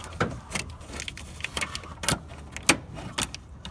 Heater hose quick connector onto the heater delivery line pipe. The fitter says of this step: dogs livery line in first make sure it clicks